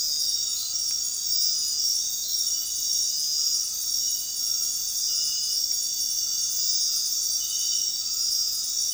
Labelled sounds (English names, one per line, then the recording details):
none
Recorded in dense forest near Puerto Asís, Putumayo, Colombia, on 20 February 2024 at 00:00
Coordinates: 0.466, -76.327
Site G6413